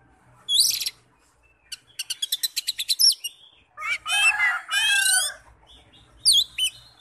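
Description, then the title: Oriental magpie-robin: songbird giving a rapid series of clicking notes followed by harsh, buzzy, grating phrases and a final sharp high note, over a faint low hum. "Kacer"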